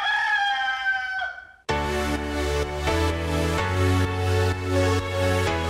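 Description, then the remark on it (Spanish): A rooster lets out one loud, drawn-out crow with a bright, strained pitch, then it cuts off and full-band music bursts in abruptly with a steady, pulsing beat, in a Radio La Mariposa promo for the radio drama Gallo de Riña. “Próximamente en la Radio Mariposa vamos a hacer un radioteatro que te va a conmover. Gallo de Riña.”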